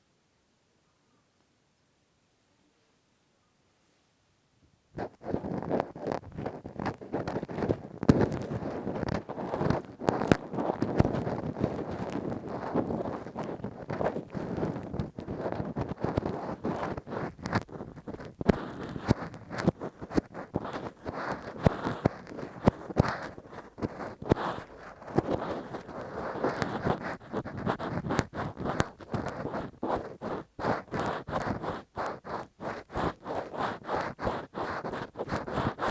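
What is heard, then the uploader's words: Ear cleaning with a Q-tip and ear pick. It is silent for about five seconds, then a dense, rough scraping and scratching begins and continues to the end. The rubbing sounds are mostly low and midrange, with quick, irregular strokes and brief gaps that come more often later on. Intense Rough Deep Ear Cleaning w Q-tip, Ear Pick. (No Talking).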